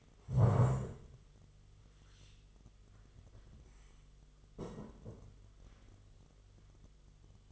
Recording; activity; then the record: daily activity, microphone in the room; stand up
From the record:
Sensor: 4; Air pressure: 1005.9 hPa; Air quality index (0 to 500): 111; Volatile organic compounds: 3 ppm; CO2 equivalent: 1394 ppm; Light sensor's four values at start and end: 13/28/11/10 and 13/28/11/10